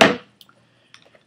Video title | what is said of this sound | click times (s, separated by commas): Ruger SR1911 review and DSG Arms kydex holster | and it still clicks too down right in there | 0.0 s